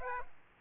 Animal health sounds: mosquito wingbeat signal from an infrared sensor; Aedes aegypti

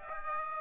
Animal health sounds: mosquito wingbeat signal from an infrared sensor; Aedes aegypti

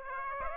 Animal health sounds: mosquito wingbeat signal from an infrared sensor; Aedes aegypti

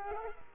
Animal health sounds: mosquito wingbeat signal from an infrared sensor; Culex quinquefasciatus

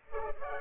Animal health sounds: mosquito wingbeat signal from an infrared sensor; Culex pipiens

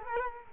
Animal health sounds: mosquito wingbeat signal from an infrared sensor; Culex quinquefasciatus

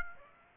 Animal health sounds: mosquito wingbeat signal from an infrared sensor; Aedes aegypti

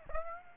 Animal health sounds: mosquito wingbeat signal from an infrared sensor; Aedes aegypti

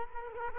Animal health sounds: mosquito wingbeat signal from an infrared sensor; Culex quinquefasciatus

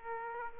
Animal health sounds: mosquito wingbeat signal from an infrared sensor; Aedes aegypti

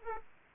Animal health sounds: mosquito wingbeat signal from an infrared sensor; Aedes aegypti

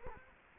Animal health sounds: mosquito wingbeat signal from an infrared sensor; Culex quinquefasciatus

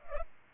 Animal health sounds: mosquito wingbeat signal from an infrared sensor; Culex pipiens

